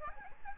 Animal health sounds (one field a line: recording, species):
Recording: mosquito wingbeat signal from an infrared sensor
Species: Aedes albopictus